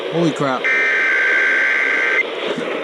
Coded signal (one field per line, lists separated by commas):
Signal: Emergency Alert System (SAME) tones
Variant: header bursts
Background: speech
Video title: EAS #255- (Good Signal) KDKA RWT on Emerson Research CKW2000